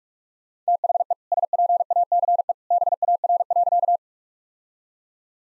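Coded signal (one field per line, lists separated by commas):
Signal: Morse code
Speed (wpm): 46 wpm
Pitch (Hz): 700 Hz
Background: none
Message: THE SPACE BAR.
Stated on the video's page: Practice set of all-age jokes at 45 wpm, with context hints.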